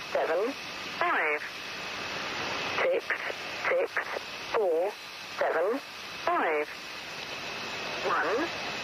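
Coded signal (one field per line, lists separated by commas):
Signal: numbers station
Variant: Lincolnshire Poacher, English female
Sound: short evenly spaced spoken words, about nine, read through steady radio hiss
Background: radio static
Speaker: known as the Lincolnshire poacher this is what it sounds like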